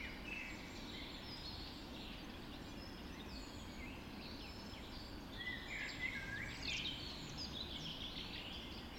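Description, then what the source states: Birds singing at dawn, mixed whistles and trills throughout, a louder burst of bright warbling near the end, low rumble behind. Dawn chorus recorded just after dawn in the Forest of Dean.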